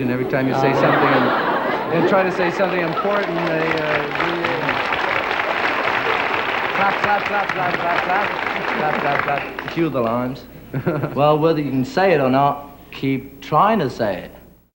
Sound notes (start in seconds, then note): 0.4 laughter; 3.9 applause